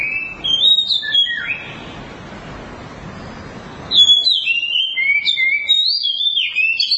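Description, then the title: Oriental magpie-robin song of sliding, high whistled notes, a short phrase early on and a longer run of varied phrases after a hissy pause. Long-duration song. "Kacer Durasi Panjang"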